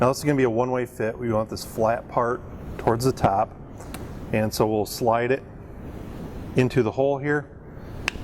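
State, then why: Seated. A man talks while a Ford 6.0 liter Powerstroke fuel injector electrical harness connector is slid flat side up through its one-way passthrough hole in the cylinder head. He pushes it in until it locks, and a single sharp click is heard at 8.1 s as it seats in place.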